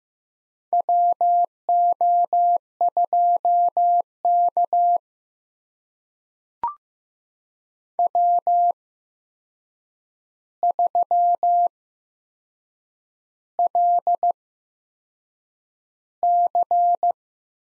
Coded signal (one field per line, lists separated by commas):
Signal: Morse code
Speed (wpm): 15 wpm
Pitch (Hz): 700 Hz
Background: none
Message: WO2K W3LC